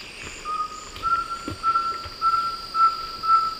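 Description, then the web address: Rusty-belted tapaculo song: a level run of short whistled notes, about two per second, growing slightly louder, over a constant high insect hum. Two birds giving songs and calls, eastern lowlands of South America. "Natures Songs S America Eastern Lowlands. Liosceles thoracicus, songs and calls 2 birds"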